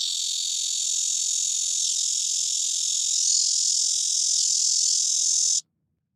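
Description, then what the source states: Red-veined bear cicada giving a sustained, even high whine for over five seconds before stopping abruptly into silence. Tainan's representative species; the most common cicada in the city, often heard; its call is long and continuous, a straight 'di' tone.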